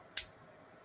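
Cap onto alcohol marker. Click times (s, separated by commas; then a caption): 0.2 s. A plastic cap is snapped onto an alcohol marker, and because these caps are stiffer, it gives a single sharp click at 0.2 s. The cap clicks shut and seats with a tight fit.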